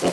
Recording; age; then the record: pig call; piglet (1 to 25 days)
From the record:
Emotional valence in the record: negative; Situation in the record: surprise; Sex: male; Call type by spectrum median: low-frequency call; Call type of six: low-frequency stable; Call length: 0.13 s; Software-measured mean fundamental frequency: 52 Hz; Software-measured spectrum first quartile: 429 Hz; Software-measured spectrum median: 788 Hz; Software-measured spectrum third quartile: 3852 Hz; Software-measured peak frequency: 365 Hz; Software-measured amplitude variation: 135 dB a second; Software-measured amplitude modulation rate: 11.4 a second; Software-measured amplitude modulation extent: 11.9 dB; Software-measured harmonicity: 0.0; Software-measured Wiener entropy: -2.12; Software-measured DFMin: 700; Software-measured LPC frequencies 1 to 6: 536, 2072, 2897, 4298, 4931, 5673 Hz